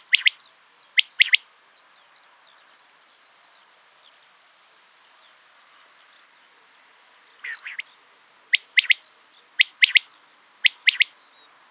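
Quail giving repeated sharp three-note phrases, sparse at first then several in quick succession, over soft twittering from other birds in the background.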